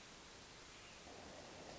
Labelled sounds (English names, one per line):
Hermit Thrush